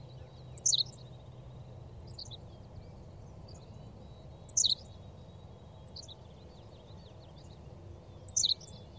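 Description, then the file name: Henslow's sparrow repeats a brief, very high, clipped hiccup song about every four seconds, three times, with quiet background between. "Henslows Sparrow - Ammodramus henslowii"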